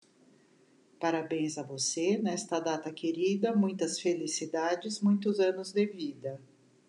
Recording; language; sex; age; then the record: short text; Brazilian Portuguese; female; 50 to 59 years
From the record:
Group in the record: control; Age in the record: 55 years